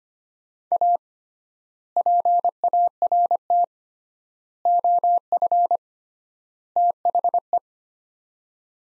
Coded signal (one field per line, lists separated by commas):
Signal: Morse code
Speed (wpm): 25 wpm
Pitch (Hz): 700 Hz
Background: none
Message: A PART OF THE